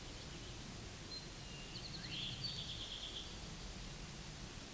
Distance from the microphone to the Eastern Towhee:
about 40 m